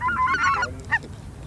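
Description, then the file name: Greater white-fronted goose: greater white-fronted geese chattering, overlapping squeaky yelps and honks in a dense burst, then a single higher call. Flock chatter of greater white-fronted geese, for an electronic hunting caller. "Белолобый базар"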